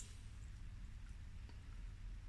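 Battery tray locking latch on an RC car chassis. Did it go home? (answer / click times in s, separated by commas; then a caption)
no / none. The plastic locking latch of a battery tray on an HPI Savage X nitro RC car chassis being converted to brushless is handled after its screw is tightened with an allen key, giving low, steady handling rumble with faint light contact sounds. Nothing has seated or clicked yet.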